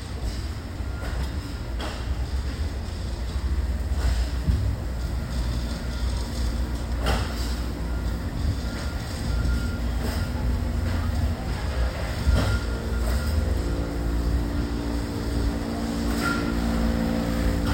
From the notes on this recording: the satisfying sounds of pops, beeps, clunks, and hisses as machines and equipment are put into action